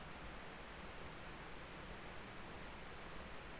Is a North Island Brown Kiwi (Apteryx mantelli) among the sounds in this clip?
no